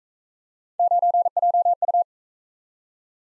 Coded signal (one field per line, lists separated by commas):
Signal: Morse code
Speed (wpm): 40 wpm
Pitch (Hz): 700 Hz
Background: none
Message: 9JU